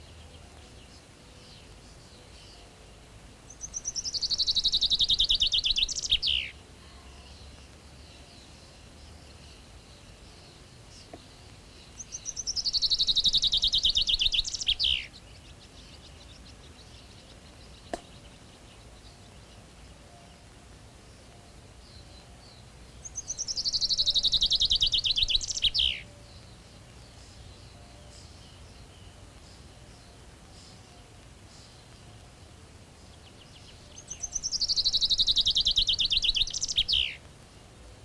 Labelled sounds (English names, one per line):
Common Chaffinch song